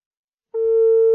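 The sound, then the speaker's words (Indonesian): A telephone busy tone, after a caller has hung up, starts after a short silence: a steady, mid-pitched electronic tone that holds evenly and fairly loud until the end, with no voices. “Oh, mati.”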